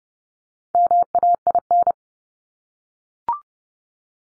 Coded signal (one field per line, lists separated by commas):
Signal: Morse code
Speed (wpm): 30 wpm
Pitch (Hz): 700 Hz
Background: none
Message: MAIN